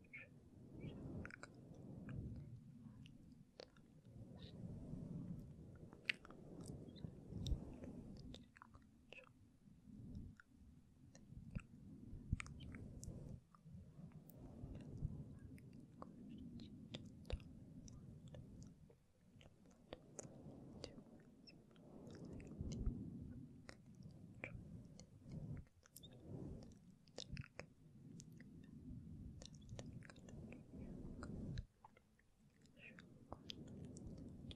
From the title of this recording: Inaudible Whispering and Gentle Mic Touching